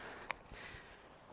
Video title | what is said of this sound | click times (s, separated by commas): Billingham Hadley One Camera Bag Review | snap it so it's nice and secure. | 0.3 s